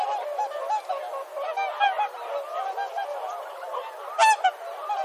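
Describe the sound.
Whooper swans calling in a group, a steady wash of overlapping honks, with one sharp, louder call about four seconds in.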